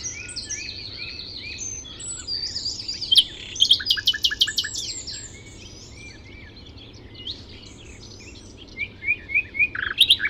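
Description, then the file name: Common nightingale singing varied phrases of whistles, rapid stuttered notes and brief trills, pausing midway before resuming. "Luscinia megarhynchos"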